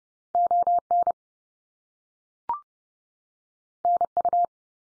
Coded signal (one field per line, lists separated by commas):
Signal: Morse code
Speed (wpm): 30 wpm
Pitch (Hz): 700 Hz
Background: none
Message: ON NU